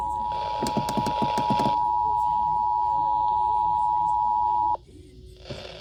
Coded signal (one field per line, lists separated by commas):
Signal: Emergency Alert System (SAME) tones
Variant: 853 and 960 Hz attention tone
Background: speech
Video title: (EAS #127-132) MISSISSIPPI'S REQUIRED MONTHLY TESTS WITH SOME FAILS (EAS alerts from 2/7/2022